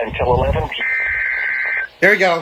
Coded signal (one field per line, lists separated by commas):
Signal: Emergency Alert System (SAME) tones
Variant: header bursts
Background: speech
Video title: SLIGHTSANITY 10: RAFAEL’S DISAPPOINTMENT - EAS Alerts From 11/6/24 - 11/7/24 (EAS #3061-3077)